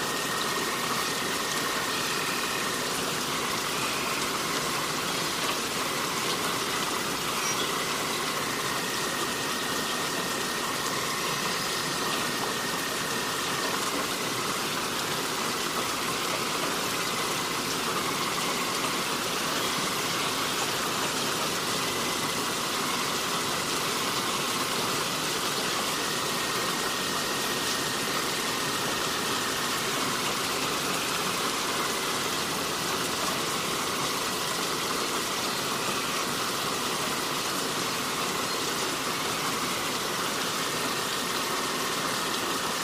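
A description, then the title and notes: Steady, dense rain hiss fills the whole 43 seconds at an even level, bright and close with a soft low rumble underneath. A thin, faint whine holds in the upper middle throughout, wavering slightly. There are no distinct separate events. Relaxing Rain Sounds & Forest Ambience.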